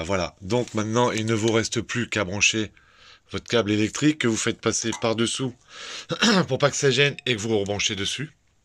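On an Audi RS3 after a brake disc and pad change, the brake pad wear sensor cable is routed underneath so it stays out of the way, and its plug is about to be pushed back onto its wiring connector. Someone talks throughout, with a short pause around 3 seconds. The clip ends before the plug goes home, so nothing has seated or clicked yet.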